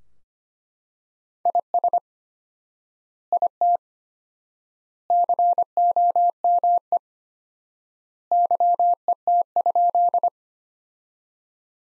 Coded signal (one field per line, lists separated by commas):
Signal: Morse code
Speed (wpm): 25 wpm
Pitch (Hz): 700 Hz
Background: none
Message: IS IT COME YET?